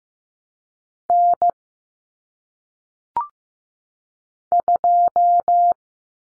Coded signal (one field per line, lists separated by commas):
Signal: Morse code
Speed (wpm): 15 wpm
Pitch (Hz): 700 Hz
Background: none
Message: N 2